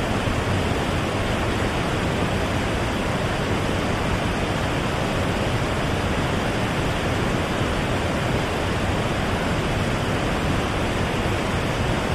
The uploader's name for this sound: pink noise